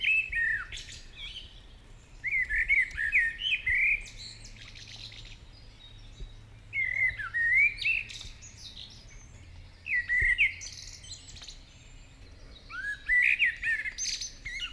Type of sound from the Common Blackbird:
song